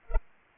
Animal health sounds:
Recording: mosquito wingbeat signal from an infrared sensor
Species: Culex pipiens

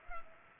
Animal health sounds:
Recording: mosquito wingbeat signal from an infrared sensor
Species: Culex pipiens

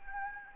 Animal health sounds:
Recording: mosquito wingbeat signal from an infrared sensor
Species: Anopheles gambiae

